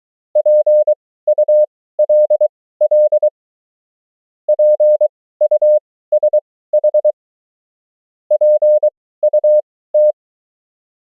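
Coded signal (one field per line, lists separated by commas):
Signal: Morse code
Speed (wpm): 23 wpm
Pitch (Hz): 600 Hz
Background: none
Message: PULL PUSH PUT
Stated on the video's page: Morse training drill of the 500 most common amateur QSO words, abbreviations and prosigns, 20 wpm effective speed with 23 wpm character speed.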